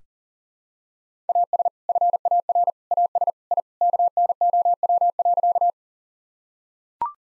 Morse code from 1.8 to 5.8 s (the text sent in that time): FAR AS I KNOW.